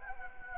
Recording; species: mosquito wingbeat signal from an infrared sensor; Anopheles gambiae